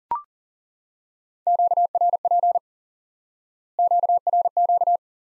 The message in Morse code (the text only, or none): QRP QRQ